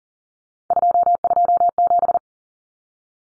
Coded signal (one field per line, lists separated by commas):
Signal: Morse code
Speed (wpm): 40 wpm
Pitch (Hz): 700 Hz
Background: none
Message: 227